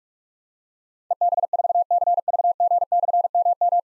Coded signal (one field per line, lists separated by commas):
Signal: Morse code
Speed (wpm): 44 wpm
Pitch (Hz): 700 Hz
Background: none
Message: EB4CVG/MM